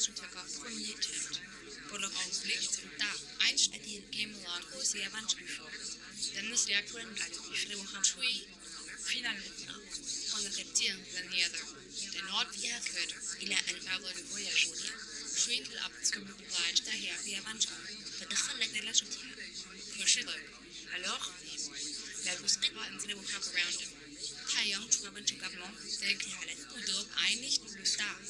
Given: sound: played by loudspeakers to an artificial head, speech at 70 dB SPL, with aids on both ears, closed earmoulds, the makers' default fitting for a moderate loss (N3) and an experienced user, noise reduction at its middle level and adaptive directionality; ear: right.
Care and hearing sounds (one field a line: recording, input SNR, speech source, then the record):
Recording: speech test signal (ISTS) in cocktail-party noise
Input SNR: -3 dB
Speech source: on the right (90 degrees)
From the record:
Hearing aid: class 1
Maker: H